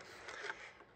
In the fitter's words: There we are. Simply slots underneath the fans and clicks into place.